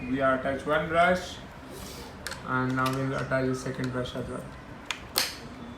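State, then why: Seated. Someone talks while the second plastic side brush is pushed onto the square drive shaft on the underside of an Ecovacs Deebot 500 robot vacuum. Sharp clicks sound at 4.9 s and 5.2 s as the brush seats firmly in place on its shaft.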